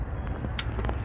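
A torque wrench set to 14 ft-lb is pulled on a metal thermostat housing bolt of a 2001 Blazer during a thermostat and housing replacement. A sharp click sounds at 0.6 s as the wrench reaches its setting over low rumbling background noise, with a few fainter ticks around it, confirming the bolt is torqued to 14 ft-lb.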